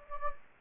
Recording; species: mosquito wingbeat signal from an infrared sensor; Anopheles gambiae